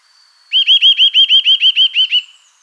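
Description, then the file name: Eurasian nuthatch calling with a quick run of ringing whistled notes at a steady pace. "Sitta europaea"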